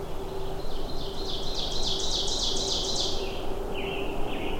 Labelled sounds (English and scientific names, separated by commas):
Ovenbird (Seiurus aurocapilla) song